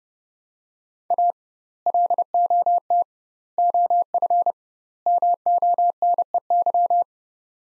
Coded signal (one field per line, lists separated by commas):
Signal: Morse code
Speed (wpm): 30 wpm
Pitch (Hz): 700 Hz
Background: none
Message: A LOT OF MONEY